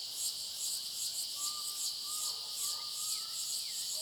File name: Cigarras na clareira som agudo fino passaro e cachorro longe